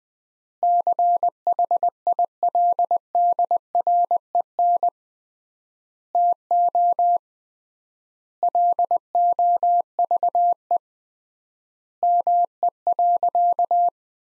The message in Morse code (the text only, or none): CHILDREN TO LOVE ME.